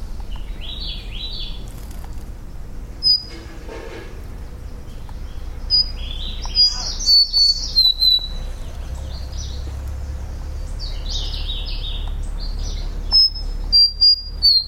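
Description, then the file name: Large-billed leaf warbler singing high whistled phrases that fall in pitch, repeated a few times, over a steady low rumble. "warbler-large-billed-leaf -Phylloscopus-magnirostris"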